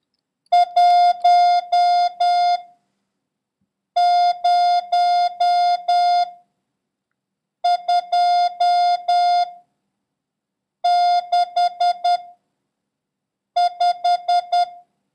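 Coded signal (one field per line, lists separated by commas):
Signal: Morse code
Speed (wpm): 10 wpm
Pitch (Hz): 710 Hz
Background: none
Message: 10265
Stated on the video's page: Morse lesson 10 introducing 6, comma, slash, and question mark, with a random run drill.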